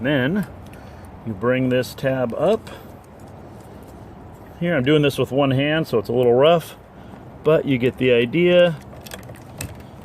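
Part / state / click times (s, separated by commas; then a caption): wiper blade adapter onto the wiper arm hook / seated / 9.6 s. Someone talks while sliding a new single wiper blade's adapter onto the hook of the wiper arm on a 1993–2000 Mercedes-Benz C280 (W202) and bringing its plastic locking tab up, working one-handed. A few light clacks come near 9.1 s, then a sharp click at 9.6 s as the adapter snaps forward and seats on the arm.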